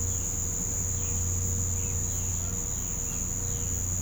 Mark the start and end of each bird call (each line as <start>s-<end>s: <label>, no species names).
1.73s-3.68s: bird call